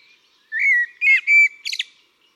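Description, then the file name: Eurasian blackbird: three smooth, flute-like whistles of similar pitch, then a quick burst of sharp, high squeaky notes closing the phrase. "Turdus merula"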